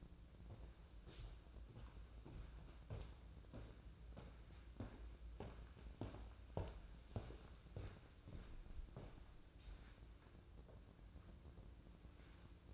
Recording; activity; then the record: daily activity, microphone in the room; walk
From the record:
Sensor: 2